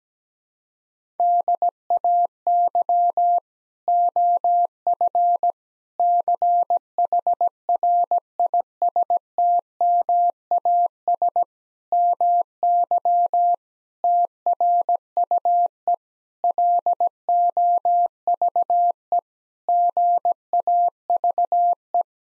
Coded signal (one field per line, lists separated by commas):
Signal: Morse code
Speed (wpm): 17 wpm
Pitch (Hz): 700 Hz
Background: none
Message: DAY OF CHRISTMAS MY TRUE LOVE GAVE